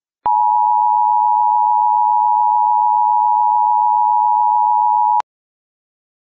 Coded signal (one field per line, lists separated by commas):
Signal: Emergency Alert System (SAME) tones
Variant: 853 and 960 Hz attention tone